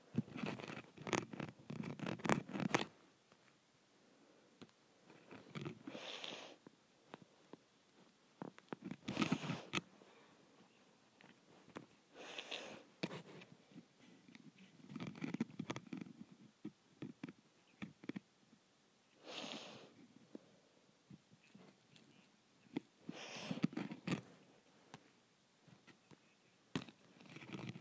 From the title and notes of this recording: ASMR Scratching my Window.